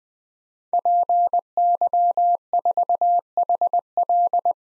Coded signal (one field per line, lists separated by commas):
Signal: Morse code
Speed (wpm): 20 wpm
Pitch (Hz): 700 Hz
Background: none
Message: PY4HL